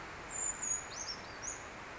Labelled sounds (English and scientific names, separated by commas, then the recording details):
Brown Creeper (Certhia americana)
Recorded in Sonoma County, California